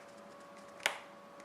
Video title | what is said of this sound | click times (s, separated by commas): How to use a Terminal Extractor Tool for PC Cable Sleeving | we go now it's popped into place you can see that those those excuse | 0.9 s